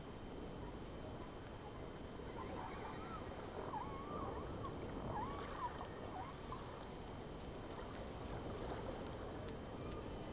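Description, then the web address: Whale vocalizations: a run of short rising and arching tonal calls, several in quick succession in the middle seconds, over continuous water hiss and a faint steady whine. Two whales recorded from the boat Sea Snake on 3 October 2006, around 11:30 to 11:38. "Sea Snake 10-3-06 Whales X 2 11-30 Round 1"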